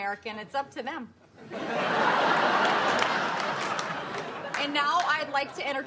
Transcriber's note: soundbite of audience laughter